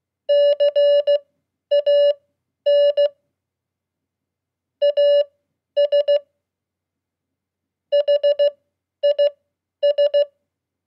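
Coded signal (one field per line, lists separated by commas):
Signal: Morse code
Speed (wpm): 16 wpm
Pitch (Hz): 580 Hz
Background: none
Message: CAN AS HIS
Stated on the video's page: Morse code practice at 15 wpm: 100 common QSO words, Q-codes and abbreviations for beginners.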